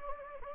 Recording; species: mosquito wingbeat signal from an infrared sensor; Anopheles gambiae